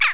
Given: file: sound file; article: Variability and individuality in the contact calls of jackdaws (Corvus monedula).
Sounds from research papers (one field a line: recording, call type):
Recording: jackdaw call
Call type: harmonic